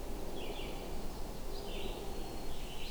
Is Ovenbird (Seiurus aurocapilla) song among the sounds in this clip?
no